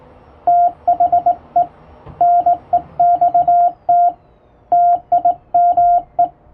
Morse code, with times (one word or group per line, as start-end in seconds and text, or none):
0.5-1.6 THE
2.2-4.1 NEXT
4.7-6.2 TIME